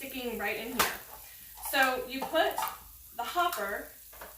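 Someone talks while handling the plastic slicing hopper of a food processor, bringing it toward the base over the blade, where it is meant to lock into place with a green button. Speech fills most of the clip, with a brief sharp tap near 0.8 seconds and quieter handling noise between phrases. The hopper has not seated or clicked into place yet.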